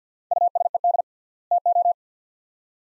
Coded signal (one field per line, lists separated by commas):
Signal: Morse code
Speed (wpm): 50 wpm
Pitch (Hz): 700 Hz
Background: none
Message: USED TO